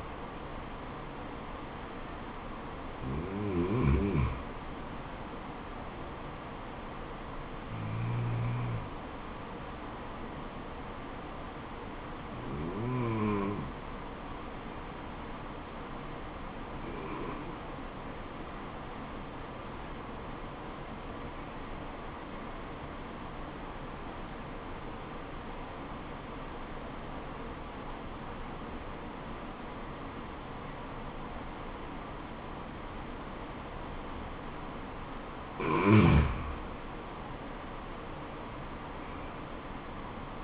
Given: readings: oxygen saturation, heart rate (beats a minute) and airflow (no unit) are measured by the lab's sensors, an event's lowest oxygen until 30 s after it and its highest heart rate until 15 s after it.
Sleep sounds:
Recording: breathing in sleep by a voice recorder at the bedside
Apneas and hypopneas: 1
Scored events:
12.00-35.20 s: hypopnea (N2, oxygen 97% highest, then 90% lowest, heart rate 71 at the start, 77 highest)
From the record:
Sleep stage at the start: N2 (light sleep)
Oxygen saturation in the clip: 92 to 97%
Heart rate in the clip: 65 to 76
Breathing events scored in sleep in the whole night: 426 in 7.4 hours asleep

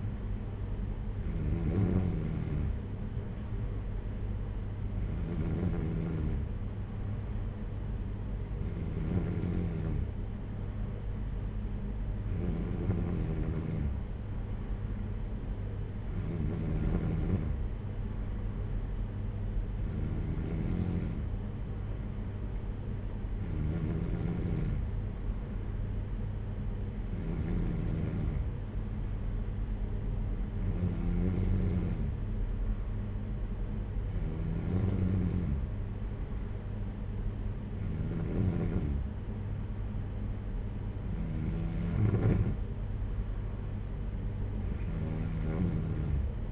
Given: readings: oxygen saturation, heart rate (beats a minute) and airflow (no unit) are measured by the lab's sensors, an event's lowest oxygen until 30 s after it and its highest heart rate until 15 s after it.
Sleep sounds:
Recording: breathing in sleep by a smartphone at the bedside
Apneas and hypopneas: none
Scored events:
none scored
From the record:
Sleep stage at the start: N3 (deep sleep)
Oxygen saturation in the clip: 93%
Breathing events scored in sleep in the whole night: 226 in 8.8 hours asleep

